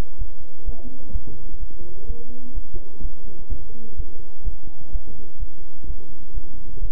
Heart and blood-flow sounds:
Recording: heart sounds by stethoscope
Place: between the tricuspid and mitral areas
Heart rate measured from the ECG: 127 bpm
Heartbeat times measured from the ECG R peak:
0.17 s: heartbeat
0.64 s: heartbeat
1.11 s: heartbeat
1.58 s: heartbeat
2.05 s: heartbeat
2.53 s: heartbeat
3.00 s: heartbeat
3.47 s: heartbeat
3.95 s: heartbeat
4.43 s: heartbeat
4.91 s: heartbeat
5.38 s: heartbeat
5.85 s: heartbeat
6.32 s: heartbeat
6.79 s: heartbeat
From the record:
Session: bicycle stress test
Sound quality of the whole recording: good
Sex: male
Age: 26 years

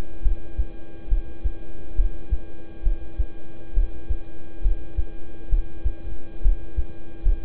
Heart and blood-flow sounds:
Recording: heart sounds by stethoscope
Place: between the tricuspid and mitral areas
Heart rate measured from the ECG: 69 bpm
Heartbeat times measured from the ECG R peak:
0.22 s: heartbeat
1.08 s: heartbeat
1.96 s: heartbeat
2.83 s: heartbeat
3.74 s: heartbeat
4.62 s: heartbeat
5.49 s: heartbeat
6.42 s: heartbeat
7.22 s: heartbeat
From the record:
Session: rest, lying down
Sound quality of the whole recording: good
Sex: male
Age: 26 years

